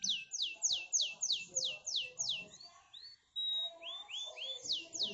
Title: Cengkok Kenari Mewah. Kenari cengkok mewah GACOR JERNIH